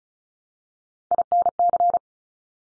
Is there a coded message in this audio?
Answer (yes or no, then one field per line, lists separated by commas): yes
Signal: Morse code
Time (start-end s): 1.1-2.0 s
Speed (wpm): 36 wpm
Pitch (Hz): 700 Hz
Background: none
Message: INC